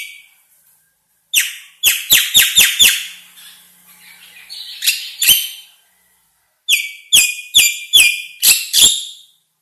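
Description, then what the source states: Javan myna singing in quick series of harsh, rasping notes and sharp whistles, broken by pauses. Vigorous, sustained singing ('gacor').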